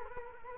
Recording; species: mosquito wingbeat signal from an infrared sensor; Culex quinquefasciatus